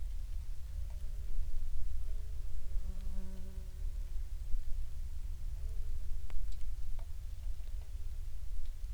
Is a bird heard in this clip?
no